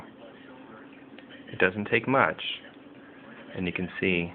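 The crown of a Tag Heuer 2000 Series Quartz Chronograph watch with a Dubois Depraz Calibre 185 movement is pulled out slightly to its first setting position (date setting), giving a small click at 1.2 s as it seats into the movement's setting detent. Someone talks afterward, and the crown now sits out a little further.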